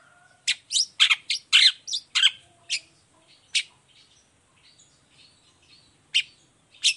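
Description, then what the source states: Long-tailed shrike uttering a cluster of harsh rasping notes, then sparse softer chips with long pauses and two final sharp notes. Long-tailed shrike in full song in the morning, with 'toet toet' notes, varied clear-voiced phrases; offered as a model for other shrikes to imitate.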